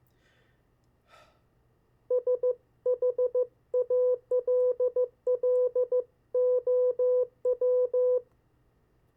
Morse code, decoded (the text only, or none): SHALLOW